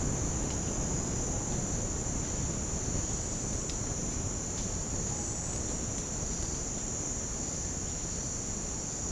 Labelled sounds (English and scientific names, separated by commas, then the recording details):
none
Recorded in secondary vegetation near Puerto Asís, Putumayo, Colombia, on 8 March 2025 at 08:00
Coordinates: 0.481, -76.318
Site G097